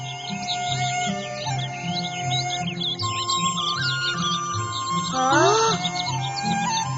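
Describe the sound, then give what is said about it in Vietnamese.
Many birds chirp and tweet together in a busy, overlapping chorus of high, quick calls, with a brief louder upward-sweeping call near the end over a low steady hum. “Cha chào chim.”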